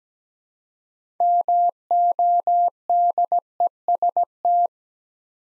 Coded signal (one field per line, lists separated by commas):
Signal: Morse code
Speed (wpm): 17 wpm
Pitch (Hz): 700 Hz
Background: none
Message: MODEST